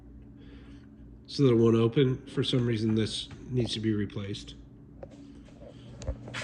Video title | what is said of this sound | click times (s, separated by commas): Welcome Home | Yeah. The spring bad on it. It doesn't snap. | none